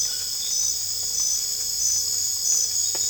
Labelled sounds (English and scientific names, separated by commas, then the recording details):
none
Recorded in dense forest near Puerto Asís, Putumayo, Colombia, on 22 December 2024 at 20:30
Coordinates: 0.484, -76.325
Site G056